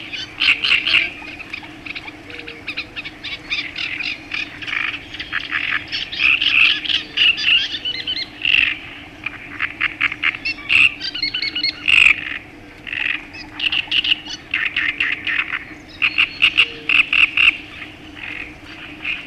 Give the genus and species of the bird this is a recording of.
Acrocephalus arundinaceus